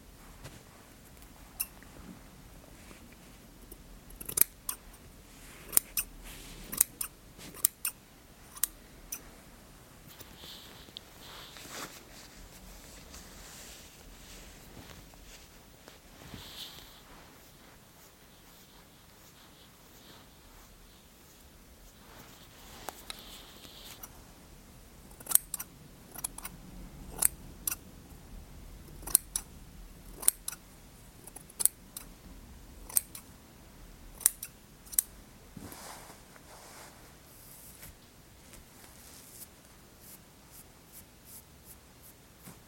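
Scissors snip in short, sharp clicks, coming in irregular bursts through most of the stretch, with a quieter gap roughly between 17 and 24 seconds. Soft fabric rustling and low brushing sounds fill the spaces between cuts.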